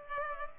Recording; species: mosquito wingbeat signal from an infrared sensor; Culex pipiens